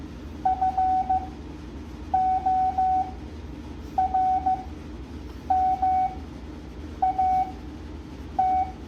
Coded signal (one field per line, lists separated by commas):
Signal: Morse code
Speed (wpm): 15 wpm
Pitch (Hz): 750 Hz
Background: none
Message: FORMAT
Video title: Morse code practice at 7.5 words a minute